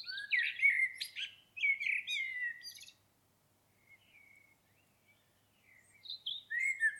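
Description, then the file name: Common blackbird song: a loud warbled phrase of low whistles and high twitters, a soft quieter stretch, then the start of another phrase. "Turdus merula"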